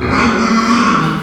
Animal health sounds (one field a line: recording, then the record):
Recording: squeal of a Yucatan mini pig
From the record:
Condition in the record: after surgery on the right vocal fold (resection and tissue-engineered implant)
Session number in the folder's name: 15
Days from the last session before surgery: 175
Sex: female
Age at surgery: 19 weeks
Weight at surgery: 25 kg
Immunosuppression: prednisolone